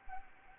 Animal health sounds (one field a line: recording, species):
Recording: mosquito wingbeat signal from an infrared sensor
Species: Anopheles arabiensis